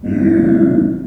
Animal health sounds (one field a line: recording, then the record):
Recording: squeal of a Yucatan mini pig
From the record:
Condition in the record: after surgery on the right vocal fold (resection and tissue-engineered implant)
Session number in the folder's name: 4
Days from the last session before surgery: 26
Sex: female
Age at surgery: 19 weeks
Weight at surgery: 25 kg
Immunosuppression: prednisolone